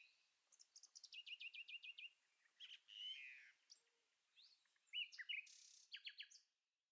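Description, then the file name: Common nightingale song: a quick series of repeated notes, a brief lower phrase, then further rapid bursts of notes. "Rossignol philomèle"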